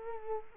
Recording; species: mosquito wingbeat signal from an infrared sensor; Culex quinquefasciatus